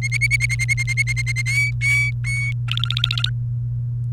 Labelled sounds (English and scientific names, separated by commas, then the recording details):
Domestic Canary (Serinus canaria) song
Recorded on 28 April 2018 at 17:28
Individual llb3